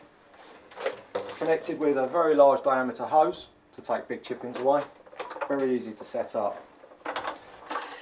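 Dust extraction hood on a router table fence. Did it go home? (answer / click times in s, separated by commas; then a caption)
yes / 1.2 s. The dust extraction hood on the fence of a Trend PRT Professional Router Table, which connects to a very large diameter hose, is dropped down and locked into position. A single sharp click sounds at 1.2 s as it seats, and someone talks throughout.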